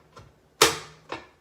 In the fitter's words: locked in and the top panel is going to do the same thing